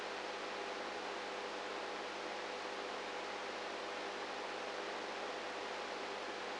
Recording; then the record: brain microelectrode recording played as sound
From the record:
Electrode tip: outside the subthalamic nucleus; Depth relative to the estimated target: -5 mm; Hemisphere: right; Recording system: NeuroSet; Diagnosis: Parkinson's disease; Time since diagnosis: 19 years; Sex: female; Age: 58 years